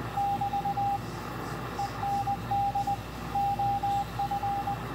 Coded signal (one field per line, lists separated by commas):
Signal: Morse code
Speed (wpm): 20 wpm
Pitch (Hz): 800 Hz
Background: radio noise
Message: <BT> END OF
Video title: Decoding Morse Code CW from W1AW 3581.5 Khz Shortwave